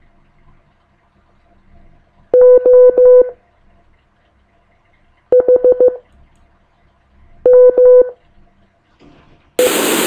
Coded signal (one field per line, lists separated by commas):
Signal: Morse code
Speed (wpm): 14 wpm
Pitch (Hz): 500 Hz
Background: none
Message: O H M E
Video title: radiotalks2 morsecode6 G4FON kochmethod software